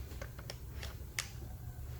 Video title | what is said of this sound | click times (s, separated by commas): Prolux RS4 Canister Vacuum -Unboxing, Assembly and Overview- | You'll hear it click. Sometimes it's a loud click, sometimes it's faint. | 1.2 s